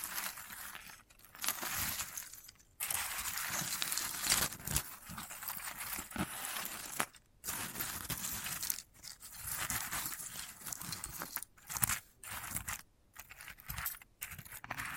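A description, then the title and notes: Crisp, crackling rustles from handling a dried sunflower head fill most of the recording, a dense, bright scratching with uneven bursts. Short silent gaps break it up several times, near 1, 2.7, 7.3, 9, 11.5 and 13 seconds, before the scratching resumes. ASMR of a Sunflower Head (No Talking).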